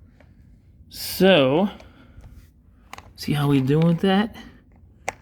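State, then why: Seated. A plastic loop piece is pushed into a small base along a Mario Kart Rainbow Road Hot Wheels toy track while someone talks. A sharp snap is heard at 5.1 s as the piece seats into the base.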